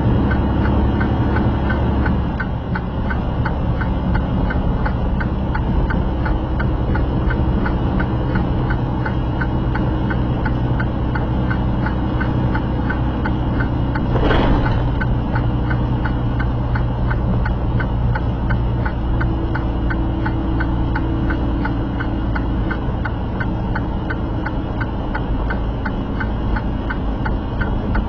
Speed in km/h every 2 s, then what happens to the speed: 74, 71, 69, 68, 68, 66, 66, 66, 63, 61, 61, 60, 58, 58.
0-5 slows to 68. 5-14 steady at about 66. 14-28 slows to 58.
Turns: none.